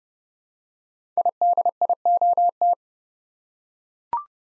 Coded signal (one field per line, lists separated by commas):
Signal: Morse code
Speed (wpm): 28 wpm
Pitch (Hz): 700 Hz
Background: none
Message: IDIOT